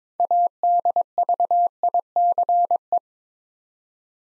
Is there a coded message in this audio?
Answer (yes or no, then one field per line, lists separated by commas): yes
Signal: Morse code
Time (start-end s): 0.2-3.0 s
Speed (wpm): 21 wpm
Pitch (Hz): 700 Hz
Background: none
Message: ADVICE